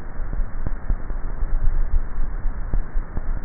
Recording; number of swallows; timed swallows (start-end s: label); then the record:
swallowing sounds by neck microphone; 1
1.62-2.65 s: swallow
From the record:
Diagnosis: dysphagia